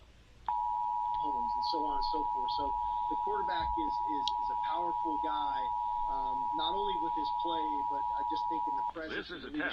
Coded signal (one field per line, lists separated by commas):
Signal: Emergency Alert System (SAME) tones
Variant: 853 and 960 Hz attention tone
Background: speech